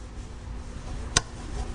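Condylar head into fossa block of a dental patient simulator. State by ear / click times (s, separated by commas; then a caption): seated / 1.2 s. The condylar head of an articulator-style jaw model on a dental patient simulator is lined up with the fossa block and allowed to snap into place. A single sharp snap at 1.2 s rises clearly above a low, steady background, and the condylar head is seated in the fossa block.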